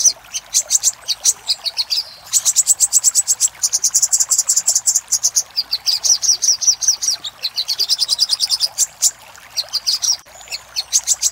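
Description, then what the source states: Little spiderhunter song: long, fast trill of high, sharp notes with brief gaps, pitch shifting between phrases. For training cage birds.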